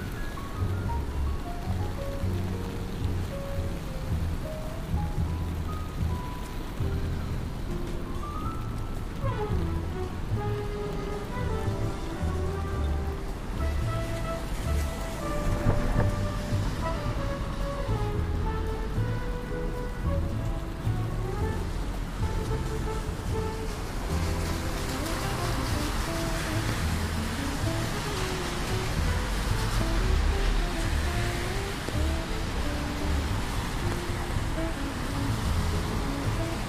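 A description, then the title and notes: A rainy day on a New York street: a steady, dense wash of rain and traffic rumble with a low roadway drone throughout. Faint pitched tones and a brief sliding sound near ten seconds drift through, and the hiss grows brighter around twenty-five seconds. Raining Day In New York.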